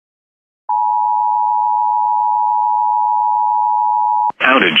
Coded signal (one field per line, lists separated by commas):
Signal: Emergency Alert System (SAME) tones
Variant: 853 and 960 Hz attention tone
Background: speech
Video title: EAS #2122 - CIVIL DANGER WARNING on NOAA Weather Radio from WJON IP 12-8-2025